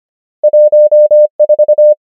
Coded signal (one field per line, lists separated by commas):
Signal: Morse code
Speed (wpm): 25 wpm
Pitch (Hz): 600 Hz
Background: none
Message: 1 4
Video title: morse code practice | 25wpm | 25fw | numbers | ENGLISH